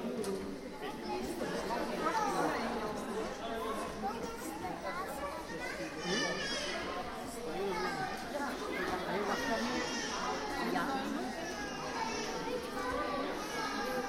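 Visitors at the zoo talk around a walker, several voices overlapping into a continuous, busy chatter. The murmur stays steady throughout, with some brighter, clearer speech rising out of it now and then, especially around the middle.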